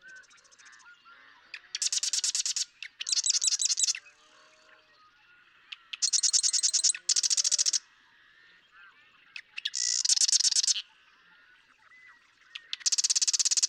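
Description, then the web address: Marsh Wren singing a series of rapid, rattling buzzy trills, repeated every few seconds with soft gurgling notes between. "birdsongforthecurious songs Marsh Wren"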